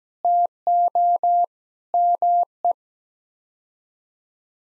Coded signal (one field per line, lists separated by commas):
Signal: Morse code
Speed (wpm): 17 wpm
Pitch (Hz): 700 Hz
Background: none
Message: TO ME